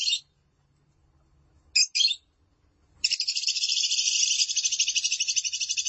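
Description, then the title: Lovebird calling: a few short squeaky chirps separated by pauses, then a steady high-pitched chatter that runs to the end. "Suara Burung Lovebird"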